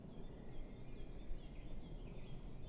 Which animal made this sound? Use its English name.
Great Tit